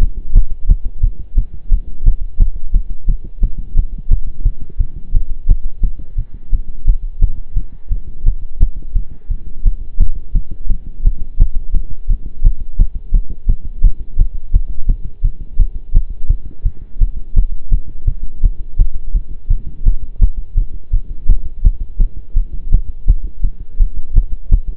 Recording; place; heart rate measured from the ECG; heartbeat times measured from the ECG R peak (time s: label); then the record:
heart sounds by stethoscope; between the tricuspid and mitral areas; 171 bpm
0.01 s: heartbeat
0.35 s: heartbeat
0.69 s: heartbeat
1.03 s: heartbeat
1.37 s: heartbeat
1.71 s: heartbeat
2.06 s: heartbeat
2.40 s: heartbeat
2.74 s: heartbeat
3.08 s: heartbeat
3.42 s: heartbeat
3.77 s: heartbeat
4.11 s: heartbeat
4.45 s: heartbeat
4.80 s: heartbeat
5.14 s: heartbeat
5.49 s: heartbeat
5.83 s: heartbeat
6.18 s: heartbeat
6.52 s: heartbeat
6.87 s: heartbeat
7.21 s: heartbeat
7.56 s: heartbeat
7.91 s: heartbeat
8.26 s: heartbeat
8.60 s: heartbeat
8.95 s: heartbeat
9.30 s: heartbeat
9.65 s: heartbeat
10.00 s: heartbeat
10.35 s: heartbeat
10.70 s: heartbeat
11.05 s: heartbeat
11.40 s: heartbeat
11.74 s: heartbeat
12.09 s: heartbeat
12.44 s: heartbeat
12.79 s: heartbeat
13.14 s: heartbeat
13.49 s: heartbeat
13.84 s: heartbeat
14.19 s: heartbeat
14.54 s: heartbeat
14.88 s: heartbeat
15.24 s: heartbeat
15.59 s: heartbeat
15.94 s: heartbeat
16.29 s: heartbeat
16.65 s: heartbeat
17.01 s: heartbeat
17.36 s: heartbeat
17.72 s: heartbeat
18.07 s: heartbeat
18.43 s: heartbeat
18.79 s: heartbeat
19.14 s: heartbeat
19.50 s: heartbeat
19.86 s: heartbeat
20.21 s: heartbeat
20.57 s: heartbeat
20.93 s: heartbeat
21.29 s: heartbeat
21.64 s: heartbeat
22.00 s: heartbeat
22.36 s: heartbeat
22.72 s: heartbeat
23.08 s: heartbeat
23.43 s: heartbeat
23.80 s: heartbeat
24.16 s: heartbeat
24.52 s: heartbeat
From the record:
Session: pedaling a stationary bicycle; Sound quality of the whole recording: partially saturated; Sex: male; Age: 23 years